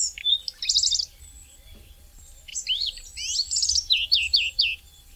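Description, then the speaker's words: Common Redstart singing two short phrases, each a brief warble ending in quick, high, scratchy notes, separated by a short pause. Migratory species, often seen in villages near people. "c'est le rouge-queue à front blanc, qui lui est migrateur, alors que le rouge-queue noir est plutôt sédentaire chez nous."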